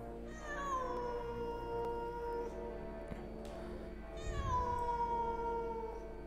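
A cat yowls mournfully at night in two long, drawn-out wails, each sliding downward in pitch with a harmonic, crying tone, over a low steady hum with no talking.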